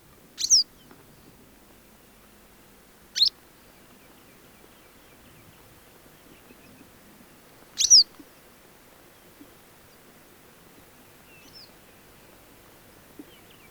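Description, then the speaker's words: Western Yellow Wagtail song: sharp, thin, high notes that drop in pitch, given singly and spaced several seconds apart, over quiet background hiss. Field recording from Finland; the voice does not rise into musical phrases, though the bird can burst into a more flowing song than the one heard here. "Keltavästäräkin ääni ei pulpahda musikaalisiksi säkeiksi, vaikka se voi intoutua vuolaampaankin lauluun"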